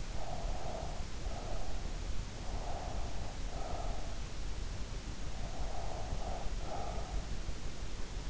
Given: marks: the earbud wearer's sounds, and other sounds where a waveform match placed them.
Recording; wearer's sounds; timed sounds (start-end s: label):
sounds in sleep by an in-ear microphone; breath
0.16-1.82 s: breath
2.45-4.34 s: breath
5.05-7.32 s: breath